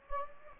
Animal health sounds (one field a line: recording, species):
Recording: mosquito wingbeat signal from an infrared sensor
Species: Anopheles gambiae